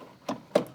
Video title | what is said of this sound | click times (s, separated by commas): BMW E39 Rear Window Regulators - 540i Restoration | locked into place | 0.3 s, 0.6 s